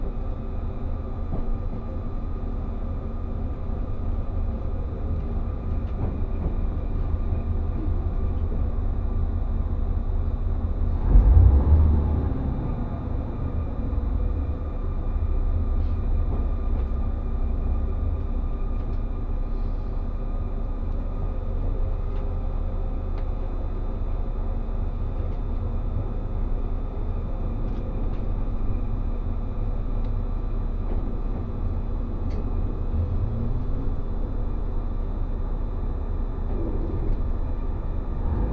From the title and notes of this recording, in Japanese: 五能線 深浦→岩館 リゾートしらかみ4号。深浦を出ると再び日本海を高い位置から眺めながら走っていきます。